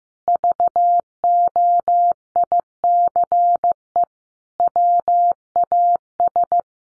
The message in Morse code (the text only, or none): VOICE WAS